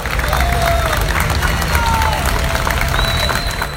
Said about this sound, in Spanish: Fuerte, fuerte el aplauso para despedir